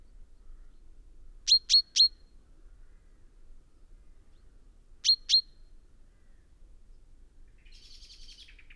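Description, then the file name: Common chaffinch giving sharp metallic calls, a quick run of three then a pair, with a faint buzzy sound near the end. "Fringilla coelebs"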